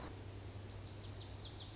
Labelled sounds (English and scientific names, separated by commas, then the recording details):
Lazuli Bunting (Passerina amoena)
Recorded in Sonoma County, California